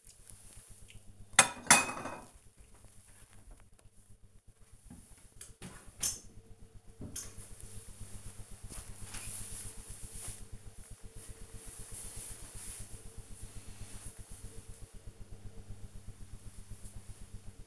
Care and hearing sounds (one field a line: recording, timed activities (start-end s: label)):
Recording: household activities, microphone on the right wrist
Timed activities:
0.00-7.23 s: putting away the dishes